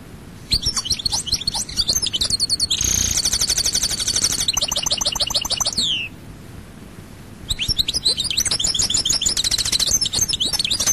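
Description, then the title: European goldfinch song: lively chattering twitters mixed with buzzy rattling trills, one long phrase, a brief gap, then another energetic burst. "Chant Chardonneret"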